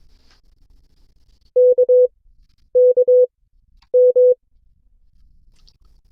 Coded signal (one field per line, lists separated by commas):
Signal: Morse code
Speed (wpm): 22 wpm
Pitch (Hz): 500 Hz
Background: none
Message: K K M